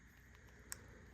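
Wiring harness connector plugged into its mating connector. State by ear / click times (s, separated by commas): seated / 0.7 s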